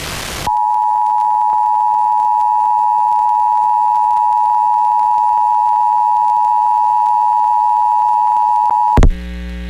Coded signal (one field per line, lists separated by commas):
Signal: Emergency Alert System (SAME) tones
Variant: 853 and 960 Hz attention tone